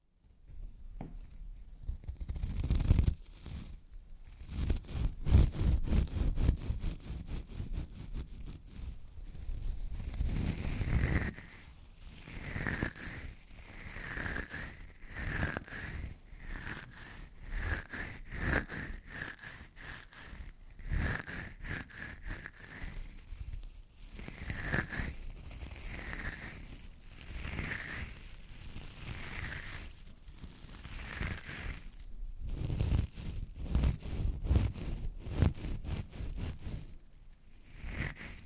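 Metal scrubbers crunch and crinkle in dense, irregular bursts, with rolling stretches, repeated squeaky accents from about 11 seconds, and heavier squeezing thumps.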